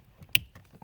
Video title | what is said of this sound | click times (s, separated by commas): Toyota Rav4 H-Key Plug & Play Remote Start Kit Installation | and then you basically plug it right in here and you'll hear it click | 0.3 s